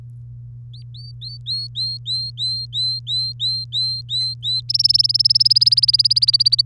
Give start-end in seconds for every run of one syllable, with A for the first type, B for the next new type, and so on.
0.73-4.61 A, 4.69-6.61 B